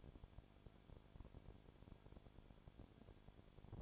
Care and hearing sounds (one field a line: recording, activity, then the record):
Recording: daily activity, microphone in the room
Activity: no activity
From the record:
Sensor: 5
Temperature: 20.2 degrees Celsius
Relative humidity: 36.5%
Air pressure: 1001.2 hPa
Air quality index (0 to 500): 176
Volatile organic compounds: 4 ppm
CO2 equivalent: 1607 ppm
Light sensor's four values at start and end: 2/3/1/1 and 2/3/1/1